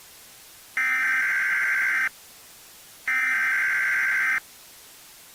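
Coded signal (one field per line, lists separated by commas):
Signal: Emergency Alert System (SAME) tones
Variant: header bursts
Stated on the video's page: Fictional Emergency Alert System scenario depicting a nuclear missile attack.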